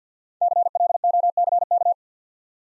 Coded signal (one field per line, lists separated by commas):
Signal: Morse code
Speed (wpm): 50 wpm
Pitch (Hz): 700 Hz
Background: none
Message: CLOCK